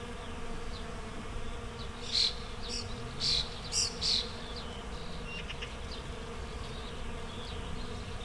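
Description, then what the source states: Bees keep up a low continuous buzz beneath several loud, sharp bird calls that burst out in a group near the middle. Bees in a flowering rapeseed field, Słoneczna 9, Siemianowice Śląskie, Poland, Saturday 18 May 2019; Zoom H5 with Audio-Technica BP4025.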